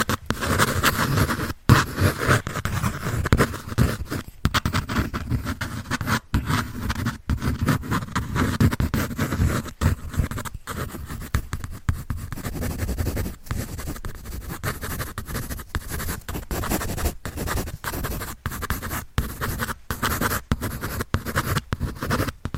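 A pencil scratches across paper in busy strokes, with dense gritty scraping that runs almost without pause. Brief silent gaps break it every second or so as the pencil lifts, and the strokes stay fairly even in loudness throughout.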